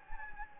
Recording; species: mosquito wingbeat signal from an infrared sensor; Anopheles gambiae